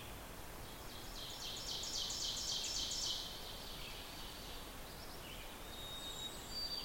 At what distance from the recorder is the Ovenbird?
about 70 m